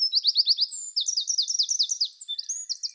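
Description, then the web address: Eurasian wren singing a fast, high, chattering stream of sharp repeated notes and rattling trills. "Troglodytes troglodytes"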